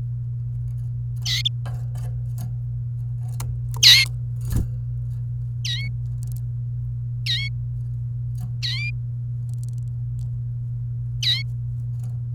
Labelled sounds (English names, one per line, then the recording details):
Domestic Canary song
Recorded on 28 April 2018 at 10:10
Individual llb3